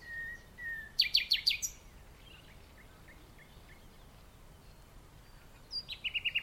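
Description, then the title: Common nightingale song: soft whistled notes, a loud rapid burst of sharp repeated notes, a pause with quiet chirps, then another rhythmic repeated series. Singing in the dunes at The Hague, on a lockdown morning walk, 12 May 2021. "Nightingale and joggers in the dunes (The Hague, May 12th 2021)"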